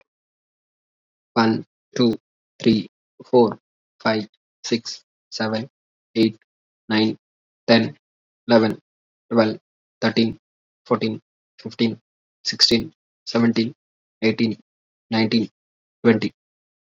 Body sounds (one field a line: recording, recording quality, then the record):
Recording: counting at a normal pace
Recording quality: excellent, no background noise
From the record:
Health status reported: exposed to COVID-19, no respiratory illness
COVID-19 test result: not tested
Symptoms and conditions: cough, sore throat, fatigue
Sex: male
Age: 25 years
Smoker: not ticked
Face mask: not worn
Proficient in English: yes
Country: India